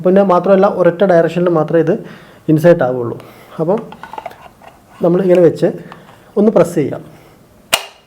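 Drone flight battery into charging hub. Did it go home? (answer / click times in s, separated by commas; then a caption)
yes / 7.7 s. A DJI Mini 4 Pro drone flight battery, lined up in its only possible direction, is pressed into its slot on the charging hub while someone talks. A sharp click at 7.7 s marks the battery seating correctly in the hub.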